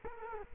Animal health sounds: mosquito wingbeat signal from an infrared sensor; Culex quinquefasciatus

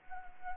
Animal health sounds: mosquito wingbeat signal from an infrared sensor; Anopheles arabiensis

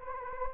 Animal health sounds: mosquito wingbeat signal from an infrared sensor; Anopheles gambiae

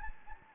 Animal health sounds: mosquito wingbeat signal from an infrared sensor; Anopheles gambiae

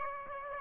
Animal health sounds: mosquito wingbeat signal from an infrared sensor; Aedes aegypti

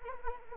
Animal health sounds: mosquito wingbeat signal from an infrared sensor; Anopheles arabiensis

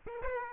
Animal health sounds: mosquito wingbeat signal from an infrared sensor; Aedes aegypti

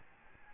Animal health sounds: mosquito wingbeat signal from an infrared sensor; Aedes albopictus

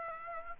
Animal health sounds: mosquito wingbeat signal from an infrared sensor; Aedes aegypti

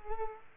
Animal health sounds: mosquito wingbeat signal from an infrared sensor; Culex quinquefasciatus

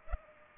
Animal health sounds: mosquito wingbeat signal from an infrared sensor; Culex pipiens

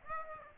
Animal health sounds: mosquito wingbeat signal from an infrared sensor; Aedes aegypti

